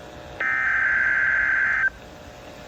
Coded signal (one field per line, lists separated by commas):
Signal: Emergency Alert System (SAME) tones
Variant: header bursts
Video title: (EAS #440) Tornado Watch #282